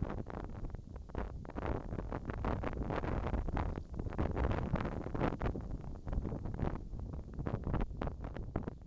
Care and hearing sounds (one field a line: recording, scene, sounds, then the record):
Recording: everyday scene through a hearing-aid microphone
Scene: wind on the microphone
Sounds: wind, whistling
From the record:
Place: in front of a rural house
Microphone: in the ear canal, left